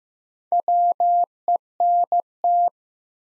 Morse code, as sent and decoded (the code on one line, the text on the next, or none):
.-- . -. -
WENT